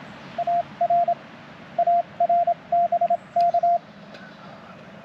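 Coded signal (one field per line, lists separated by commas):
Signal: Morse code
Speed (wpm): 27 wpm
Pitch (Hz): 690 Hz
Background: radio noise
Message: AR AR BK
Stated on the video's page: Morse park activation (POTA) made on a bicycle outing.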